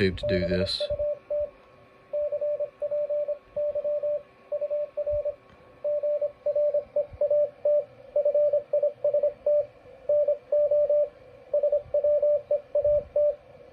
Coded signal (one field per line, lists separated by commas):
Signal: Morse code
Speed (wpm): 26 wpm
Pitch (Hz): 590 Hz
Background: speech, radio noise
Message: BUT CPY UR GREAT FIST NO SWEAT